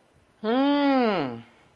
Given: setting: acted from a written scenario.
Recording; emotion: vocal sound without words; triumph